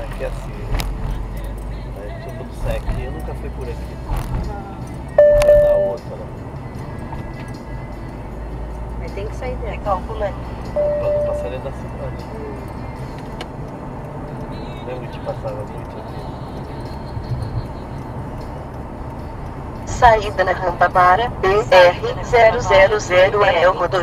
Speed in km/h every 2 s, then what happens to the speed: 37, 42, 48, 52, 57, 60, 64, 65, 66, 66, 64, 57.
0-13 speeds up to 65. 13-20 steady at about 65. 20-24 slows to 57.